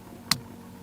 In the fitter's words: Okay, make sure it clicks all the way in.